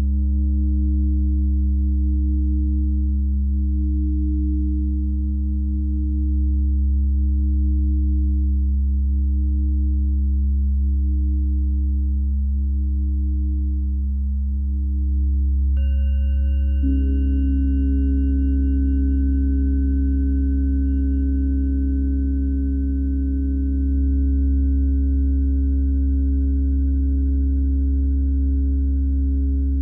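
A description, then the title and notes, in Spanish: A tuning fork and singing bowls ring with pure, steady tones over a deep constant hum. Through the first half a mid tone pulses slowly in a regular beating wobble; around sixteen seconds a bright new strike adds higher sustained tones that hold to the end. Diapasón y Cuencos.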